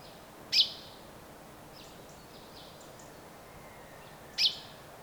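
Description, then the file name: Common chaffinch giving two clipped high 'pink' calls about four seconds apart over a quiet hiss, with faint chirps between. "Fringilla coelebs"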